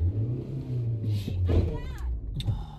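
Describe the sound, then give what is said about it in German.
A car engine rumbles low and steady, then revs up as the vehicle pulls away, with muffled voices and a few soft thumps over the droning motor. “Oh, die kann mich mal. Ich fahre jetzt. Soll sie doch den Bus nehmen.”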